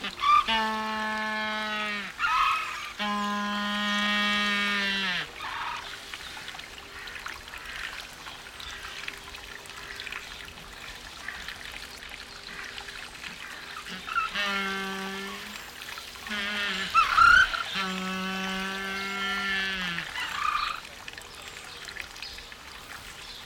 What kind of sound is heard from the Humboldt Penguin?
call